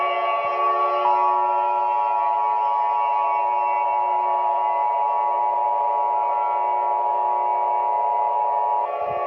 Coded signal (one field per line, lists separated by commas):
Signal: Emergency Alert System (SAME) tones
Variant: 853 and 960 Hz attention tone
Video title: ￼ Chinese provinces and islands and territories eas alarm ￼￼￼￼